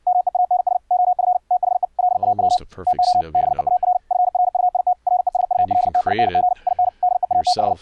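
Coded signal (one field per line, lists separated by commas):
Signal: Morse code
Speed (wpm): 53 wpm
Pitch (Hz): 720 Hz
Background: speech, radio noise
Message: MEANS OF THE LAW TO BEAR FRUIT RESULTING IN DEATH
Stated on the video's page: Morse tones over Mumble, converted to MIDI to key a software sine-wave code practice oscillator.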